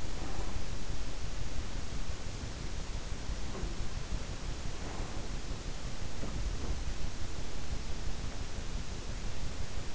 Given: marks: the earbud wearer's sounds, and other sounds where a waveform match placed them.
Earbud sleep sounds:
sounds in sleep by an in-ear microphone; breath
0.00-0.64 s: breath
3.21-6.95 s: sound from someone else or the room

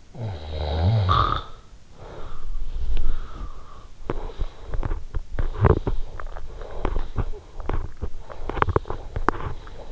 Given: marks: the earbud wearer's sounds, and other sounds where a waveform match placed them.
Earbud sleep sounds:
sounds in sleep by an in-ear microphone; snoring breath, teeth grinding
0.00-3.96 s: snoring breath
3.96-9.71 s: teeth grinding

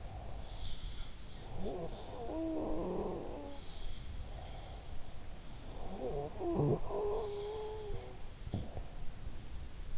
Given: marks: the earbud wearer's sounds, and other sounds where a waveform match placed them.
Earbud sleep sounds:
sounds in sleep by an in-ear microphone; breath
0.00-0.73 s: breath
0.54-3.67 s: sound from someone else or the room
3.66-5.09 s: breath
5.71-8.91 s: sound from someone else or the room

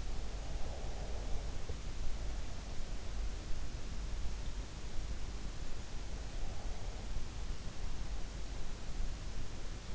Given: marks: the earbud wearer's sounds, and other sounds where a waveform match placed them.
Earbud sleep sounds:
sounds in sleep by an in-ear microphone; breath
0.00-2.54 s: breath

